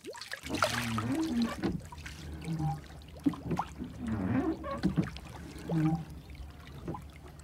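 A wooden boat scrapes and creaks as it is dragged out from under a pine tree, with water trickling and sloshing around it in uneven bursts. No one speaks.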